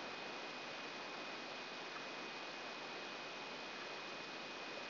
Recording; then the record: brain microelectrode recording played as sound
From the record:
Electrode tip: outside the subthalamic nucleus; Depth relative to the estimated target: 4 mm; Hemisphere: right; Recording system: AlphaMap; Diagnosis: Parkinson's disease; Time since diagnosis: 9 years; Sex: male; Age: 68 years